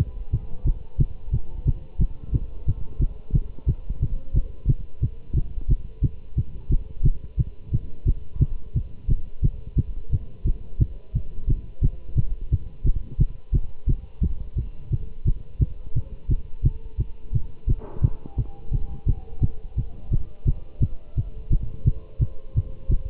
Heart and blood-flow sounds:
heart sounds by stethoscope; between the tricuspid and mitral areas; 175 bpm
0.33 s: heartbeat
0.66 s: heartbeat
1.00 s: heartbeat
1.33 s: heartbeat
1.67 s: heartbeat
2.00 s: heartbeat
2.34 s: heartbeat
2.68 s: heartbeat
3.01 s: heartbeat
3.34 s: heartbeat
3.68 s: heartbeat
4.02 s: heartbeat
4.35 s: heartbeat
4.69 s: heartbeat
5.03 s: heartbeat
5.36 s: heartbeat
5.69 s: heartbeat
6.03 s: heartbeat
6.37 s: heartbeat
6.71 s: heartbeat
7.05 s: heartbeat
7.39 s: heartbeat
7.73 s: heartbeat
8.07 s: heartbeat
8.41 s: heartbeat
8.76 s: heartbeat
9.09 s: heartbeat
9.43 s: heartbeat
9.78 s: heartbeat
10.13 s: heartbeat
10.46 s: heartbeat
10.81 s: heartbeat
11.15 s: heartbeat
11.49 s: heartbeat
11.83 s: heartbeat
12.17 s: heartbeat
12.52 s: heartbeat
12.86 s: heartbeat
13.20 s: heartbeat
13.54 s: heartbeat
13.88 s: heartbeat
14.23 s: heartbeat
14.57 s: heartbeat
14.92 s: heartbeat
15.26 s: heartbeat
15.61 s: heartbeat
15.96 s: heartbeat
16.30 s: heartbeat
16.65 s: heartbeat
16.99 s: heartbeat
17.34 s: heartbeat
17.69 s: heartbeat
18.03 s: heartbeat
18.38 s: heartbeat
18.73 s: heartbeat
19.07 s: heartbeat
19.42 s: heartbeat
19.78 s: heartbeat
20.12 s: heartbeat
20.47 s: heartbeat
20.82 s: heartbeat
21.17 s: heartbeat
21.51 s: heartbeat
21.86 s: heartbeat
22.21 s: heartbeat
22.56 s: heartbeat
22.90 s: heartbeat
From the record:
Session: Bruce protocol treadmill stress test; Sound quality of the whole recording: good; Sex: male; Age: 25 years

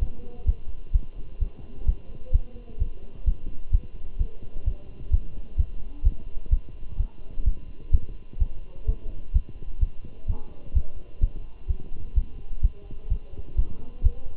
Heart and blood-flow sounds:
heart sounds by stethoscope; between the tricuspid and mitral areas; 128 bpm
0.02 s: heartbeat
0.48 s: heartbeat
0.94 s: heartbeat
1.42 s: heartbeat
1.88 s: heartbeat
2.34 s: heartbeat
2.81 s: heartbeat
3.27 s: heartbeat
3.73 s: heartbeat
4.20 s: heartbeat
4.67 s: heartbeat
5.13 s: heartbeat
5.59 s: heartbeat
6.05 s: heartbeat
6.52 s: heartbeat
7.00 s: heartbeat
7.47 s: heartbeat
7.93 s: heartbeat
8.41 s: heartbeat
8.88 s: heartbeat
9.35 s: heartbeat
9.82 s: heartbeat
10.29 s: heartbeat
10.76 s: heartbeat
11.23 s: heartbeat
11.70 s: heartbeat
12.17 s: heartbeat
12.64 s: heartbeat
13.11 s: heartbeat
13.58 s: heartbeat
14.05 s: heartbeat
From the record:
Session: Bruce protocol treadmill stress test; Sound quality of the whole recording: good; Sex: male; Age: 27 years

